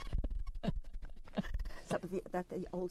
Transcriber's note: chuckles